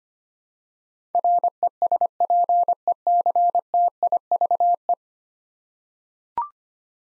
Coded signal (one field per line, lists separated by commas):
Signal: Morse code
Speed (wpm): 25 wpm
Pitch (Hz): 700 Hz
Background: none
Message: RESPECTIVE